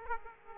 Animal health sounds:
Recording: mosquito wingbeat signal from an infrared sensor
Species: Aedes aegypti

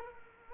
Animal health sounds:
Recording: mosquito wingbeat signal from an infrared sensor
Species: Culex quinquefasciatus

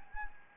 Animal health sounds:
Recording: mosquito wingbeat signal from an infrared sensor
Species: Anopheles gambiae

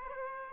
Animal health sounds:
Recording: mosquito wingbeat signal from an infrared sensor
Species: Aedes aegypti

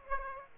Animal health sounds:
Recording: mosquito wingbeat signal from an infrared sensor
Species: Aedes aegypti

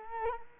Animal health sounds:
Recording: mosquito wingbeat signal from an infrared sensor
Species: Culex quinquefasciatus

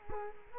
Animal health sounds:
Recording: mosquito wingbeat signal from an infrared sensor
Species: Culex quinquefasciatus

